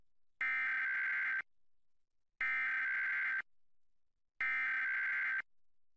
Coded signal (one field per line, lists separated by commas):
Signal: Emergency Alert System (SAME) tones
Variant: header bursts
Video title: Nationwide EAS Test | WNEP 16 | 7 Aug 2019 02:20 PM EDT